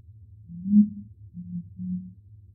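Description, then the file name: Curassow giving deep, low booming hums: three muffled notes, the first longest and loudest, the next two shorter, over a low rumbling background. "Canto do mutum do norte"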